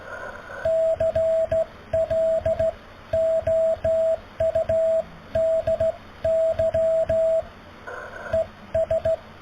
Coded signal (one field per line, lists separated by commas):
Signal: Morse code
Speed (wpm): 15 wpm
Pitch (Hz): 650 Hz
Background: radio noise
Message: CLOUDY ES